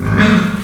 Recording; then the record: squeal of a Yucatan mini pig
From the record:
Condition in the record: after surgery on the right vocal fold (resection and tissue-engineered implant); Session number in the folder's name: 17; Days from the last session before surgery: 195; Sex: female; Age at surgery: 19 weeks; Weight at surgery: 25 kg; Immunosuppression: prednisolone